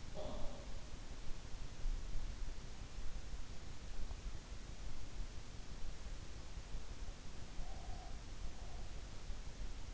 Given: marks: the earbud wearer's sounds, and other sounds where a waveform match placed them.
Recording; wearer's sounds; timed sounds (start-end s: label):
sounds in sleep by an in-ear microphone; breath
0.00-0.90 s: breath
7.59-8.96 s: breath